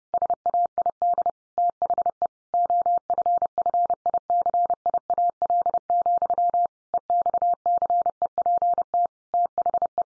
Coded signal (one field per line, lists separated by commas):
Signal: Morse code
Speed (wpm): 30 wpm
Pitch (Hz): 700 Hz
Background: none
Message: SAID THE OFFICIAL, EXCEPT THE